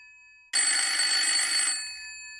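A telephone bell rings in one sustained, bright metallic burst lasting about a second, then cuts off and fades quickly. No voices are heard.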